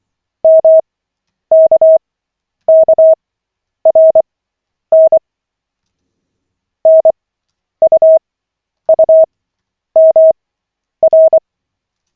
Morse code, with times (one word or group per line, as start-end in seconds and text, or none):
0.4-5.2 MKKRN
6.9-11.4 NUUMR